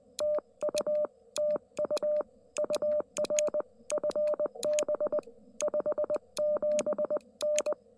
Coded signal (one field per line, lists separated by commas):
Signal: Morse code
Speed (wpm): 21 wpm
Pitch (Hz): 600 Hz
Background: none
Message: TU TU UR FB 57N